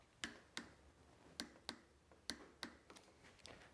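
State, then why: Torque reached. A torque wrench set to 9 Nm tightens a stem bolt at the stem and fork steerer area of a mountain bike during installation of OneUp carbon handlebars. Six sharp ticks are heard at about 0.2, 0.6, 1.4, 1.7, 2.3 and 2.6 s, and the others may be ratchet ticks. The loudest, sharpest click at 2.3 s is the wrench breaking, confirming the 9 Nm torque has been reached.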